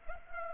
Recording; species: mosquito wingbeat signal from an infrared sensor; Culex pipiens